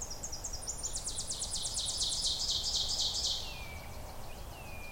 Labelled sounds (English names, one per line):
Ovenbird song